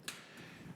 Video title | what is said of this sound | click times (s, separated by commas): Origami Large 4Tier HeavyDuty Rack with Casters | that locks the framework you see all these crossbars and all these little kind of like l beam things that are in here those all lock into place once you lock that down it all tight it | 0.1 s